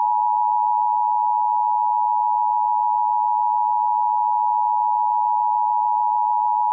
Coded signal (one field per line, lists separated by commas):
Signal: Emergency Alert System (SAME) tones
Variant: 853 and 960 Hz attention tone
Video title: emergency alert system